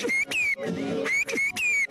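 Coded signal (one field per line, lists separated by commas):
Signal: whistled language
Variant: Turkish Kuş dili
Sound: loud gliding whistled syllables, rising and falling around 2 kHz, with brief breaks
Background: outdoor crowd noise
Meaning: A greeting: Turkey? May God not spoil it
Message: Türkiye mi? Allah bozmasın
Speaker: Türkiye mi? Allah bozmasın dedim.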